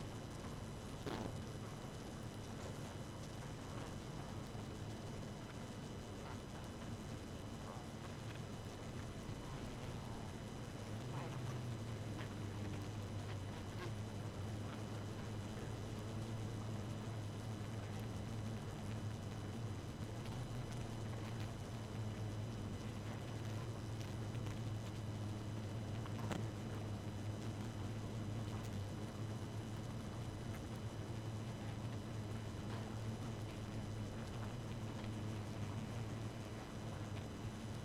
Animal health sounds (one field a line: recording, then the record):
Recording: honeybee colony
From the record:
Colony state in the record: active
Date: 12 June 2018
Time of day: 1:55